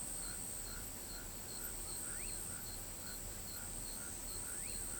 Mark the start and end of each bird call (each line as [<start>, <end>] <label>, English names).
[2.04, 2.31] Common Pauraque
[4.50, 4.76] Common Pauraque